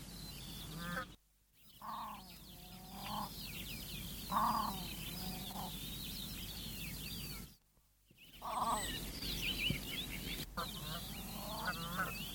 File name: southern crested grebe song